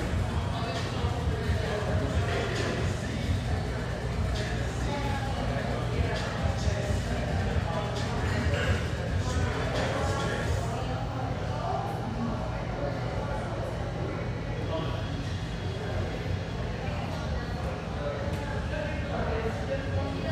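A busy café, with a steady wash of overlapping voices and chatter running the full twenty seconds. A low, constant hum sits underneath, and brief clinks and clatters pop up every few seconds, a little more often in the first half.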